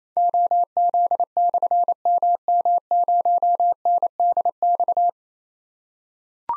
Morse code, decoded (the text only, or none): OZ/MM0NDX